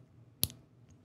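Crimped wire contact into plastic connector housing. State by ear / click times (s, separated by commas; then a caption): seated / 0.4 s. A crimped metal contact on the black wire is pushed by a finger into a plastic PowerPole Anderson power connector housing, sliding over the internal metal spring. A sharp, bright click sounds at 0.4 s, followed by a faint echo-like tick just after and a very soft tick near 0.9 s. The contact snaps home and is seated in place.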